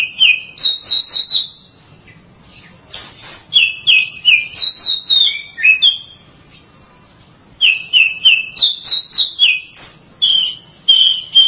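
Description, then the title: Oriental magpie-robin song in three bursts of clear whistled phrases, each phrase stepping down in pitch, with short silent gaps between bursts. "Suara Kicauan Burung Kacer"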